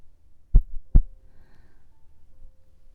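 Two deep, low thumps less than half a second apart form a single lub-dub heartbeat, followed by about two seconds of quiet with a faint low hum. It is a woman's normal, steady heartbeat heard close to the chest.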